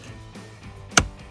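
A plastic glove box is pressed down into the dashboard of a Jeep Wrangler JL SUV after its lower tabs, upper catch and side stopper are lined up. Over a low, quiet background, a single sharp click sounds at 1.0 s as the glove box seats in place.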